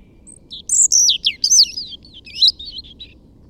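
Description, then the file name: European robin singing a brief tumbling phrase of high, thin, sliding notes and squeaky twiddles, ending in softer trailing whistles, over a quiet low background hum. "Erithacus rubecula"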